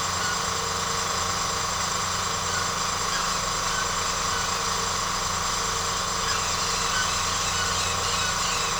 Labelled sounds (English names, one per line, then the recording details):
none
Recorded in secondary vegetation near Puerto Asís, Putumayo, Colombia, on 4 March 2025 at 06:30
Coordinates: 0.468, -76.324
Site G059